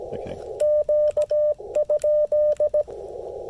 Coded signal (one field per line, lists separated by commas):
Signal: Morse code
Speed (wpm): 17 wpm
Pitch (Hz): 600 Hz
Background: speech, radio noise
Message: Q?